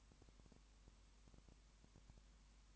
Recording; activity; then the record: daily activity, microphone in the room; no activity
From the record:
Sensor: 1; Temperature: 19.2 degrees Celsius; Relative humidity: 37.9%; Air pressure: 1001.1 hPa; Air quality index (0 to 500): 198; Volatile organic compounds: 7 ppm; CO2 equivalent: 2000 ppm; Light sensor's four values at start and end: 1/2/1/1 and 1/2/1/1